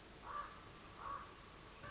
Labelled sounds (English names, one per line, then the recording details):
Common Raven
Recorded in Sonoma County, California